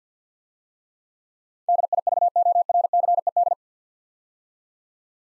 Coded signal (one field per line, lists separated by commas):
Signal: Morse code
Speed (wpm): 50 wpm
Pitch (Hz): 700 Hz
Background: none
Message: DIVORCED